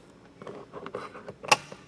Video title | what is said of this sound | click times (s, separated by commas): etrailer - Curt Discovery NEXT Trailer Brake Controller w/ Custom Harness: The Breakdown | you can hear that snap in and that's what holds it in | 1.5 s